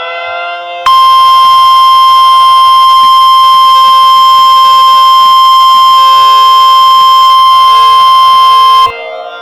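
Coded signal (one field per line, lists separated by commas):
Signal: Emergency Alert System (SAME) tones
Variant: 1050 Hz attention tone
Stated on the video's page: A mock recreation of a tornado warning, made on a computer with Audacity and a TTS voice.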